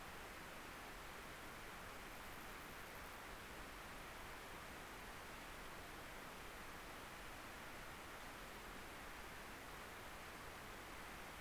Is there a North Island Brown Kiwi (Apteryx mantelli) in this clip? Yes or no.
no